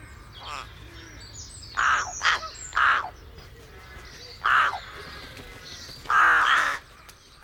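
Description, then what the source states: Rook calls, several rough, strangled caws at irregular intervals. Higher, strangled-sounding notes.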